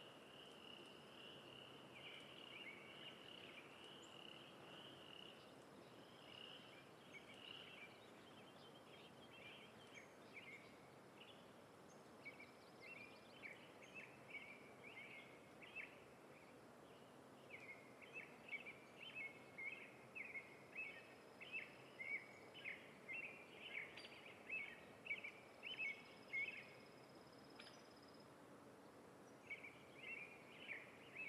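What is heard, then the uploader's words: Evening forest ambience with a steady low hush, thin bright insect or bird chirps pulsing in quick bursts, busier after twenty seconds. Ambient Forest Evening. Recorded June 2020.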